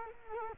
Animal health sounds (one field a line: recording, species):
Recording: mosquito wingbeat signal from an infrared sensor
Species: Culex quinquefasciatus